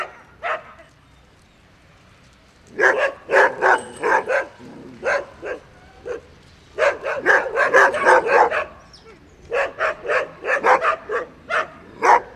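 Dog giving a lone bark, then after a pause long volleys of rapid, uneven barks with brief gaps between the groups.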